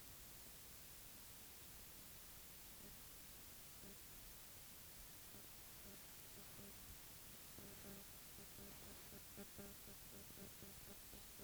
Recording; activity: daily activity, guitar pickup as the sensor; stand